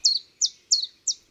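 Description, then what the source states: Chiffchaff singing a run of four bright, high, falling notes at a steady even pace, little else audible. Repetitive 'tip tap' song, always the same, heard in a forest during a walk.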